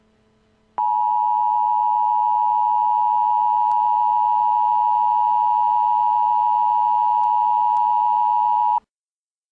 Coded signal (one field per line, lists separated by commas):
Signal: Emergency Alert System (SAME) tones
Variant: 853 and 960 Hz attention tone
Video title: EAS TEST